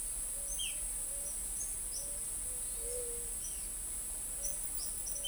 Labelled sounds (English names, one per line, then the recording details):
Eared Dove
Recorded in forest near Pivijay, Magdalena, Colombia, on 2 June 2023 at 14:30
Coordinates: 10.467, -74.380
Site Z5-G034